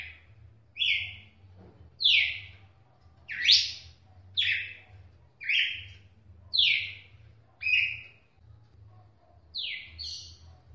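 Red-cowled cardinal singing a series of short, bright sweeping phrases, repeated roughly once a second with brief pauses.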